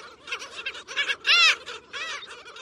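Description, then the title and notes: Black Skimmer calls: a series of nasal barks, with one loud clear bark near the middle. In flight, at a wildlife refuge in Virginia, USA; calls sound like a distant dog barking. "Black Skimmer in flight, at the Chincoteague National Wildlife Refuge in Virginia"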